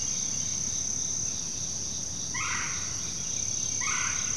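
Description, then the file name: Crickets keep up an unbroken shrill chorus while a bird gives two short chirping phrases, about one and a half seconds apart. Continual chorus of crickets in forest ambience, with birds. "kevin boucher nature forest ambience continual chorus crickets other insects birds"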